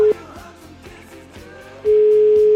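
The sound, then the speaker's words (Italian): A steady, unbroken telephone dial tone of an outgoing call placed on a Radio 24 programme to former rugby player Lo Cicero sounds briefly, gives way to a stretch of rhythmic music, then returns loud and constant until the end. “Telefono, vai.”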